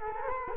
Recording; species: mosquito wingbeat signal from an infrared sensor; Culex quinquefasciatus